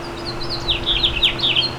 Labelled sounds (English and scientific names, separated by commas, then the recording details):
House Finch (Haemorhous mexicanus) song
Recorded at Merrick on Long Island, New York, on 17 May 2013
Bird B